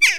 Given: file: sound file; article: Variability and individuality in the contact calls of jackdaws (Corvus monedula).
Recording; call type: jackdaw call; harmonic